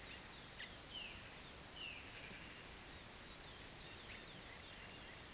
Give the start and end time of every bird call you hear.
[0.70, 2.16] bird call

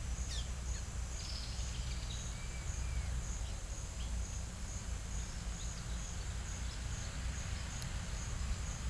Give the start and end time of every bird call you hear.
[0.24, 0.47] bird call

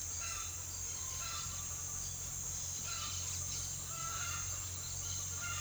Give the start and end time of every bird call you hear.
[0.14, 1.64] bird call
[2.77, 5.60] bird call

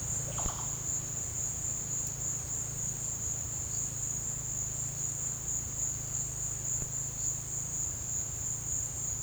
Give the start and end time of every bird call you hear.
[0.00, 0.77] bird call

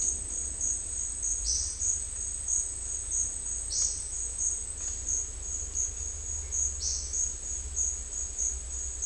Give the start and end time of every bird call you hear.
[1.44, 1.69] bird call
[3.71, 4.03] bird call
[6.80, 7.09] bird call

